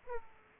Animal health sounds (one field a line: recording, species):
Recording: mosquito wingbeat signal from an infrared sensor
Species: Aedes aegypti